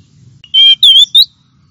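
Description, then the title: Oriental magpie-robin giving three loud, clear whistled notes, the middle one slightly wavering and the last rising briefly. Champion singing bird, chirping song. "Kicau Burung Kacer Juara"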